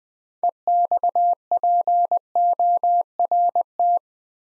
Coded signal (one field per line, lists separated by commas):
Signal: Morse code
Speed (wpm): 20 wpm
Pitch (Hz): 700 Hz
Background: none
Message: EXPORT